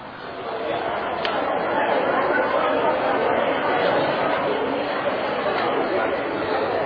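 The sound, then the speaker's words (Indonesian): A steady wash of overlapping voices from a large audience of women at a religious lecture, many people chattering at once with no single speaker standing out, a loud, continuous murmur that holds level throughout. “Suaranya seperti kandang ayam.”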